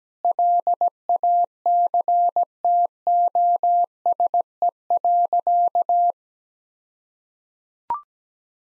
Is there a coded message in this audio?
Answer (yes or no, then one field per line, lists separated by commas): yes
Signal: Morse code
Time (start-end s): 0.2-6.1 s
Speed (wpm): 17 wpm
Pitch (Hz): 700 Hz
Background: none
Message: LACTOSE.